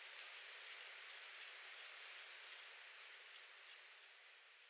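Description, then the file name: Goldcrest calls: very high, thin, short notes given in a loose irregular series over a steady hiss of background noise. Recorded 30 January 2019. "kikuitadaki kosado"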